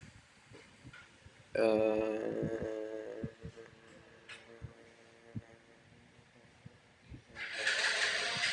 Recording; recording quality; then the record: sustained vowel as in made; moderate, slight background noise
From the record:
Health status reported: recovered from COVID-19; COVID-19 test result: negative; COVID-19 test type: rapid antigen test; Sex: male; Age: 21 years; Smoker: no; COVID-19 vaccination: both doses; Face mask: worn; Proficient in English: yes